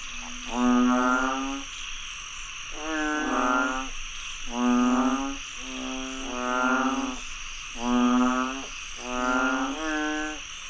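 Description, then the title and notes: Several frogs croaking, nasal harmonic calls about a second long coming in close succession, over a continuous high insect drone. Frogs croaking after heavy rainfall in Chiang Mai, Thailand. "Frogs croaking after heavy rainfall in Chiang Mai, Thailand. Alex Boyesen"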